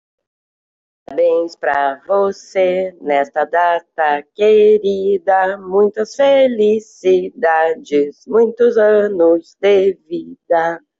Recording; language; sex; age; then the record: short text; Brazilian Portuguese; female; 50 to 59 years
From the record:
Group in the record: control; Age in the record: 52 years